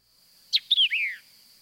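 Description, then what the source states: White-eyed Vireo song, a short sharp burst: an abrupt opening chick note followed by quick slurred descending phrases, lasting under a second. Shortened version of the song; the initial chick phrase is a common element in the song.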